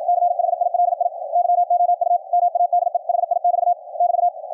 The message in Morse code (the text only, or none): CHILI YOU MADE HI<BT> <BT>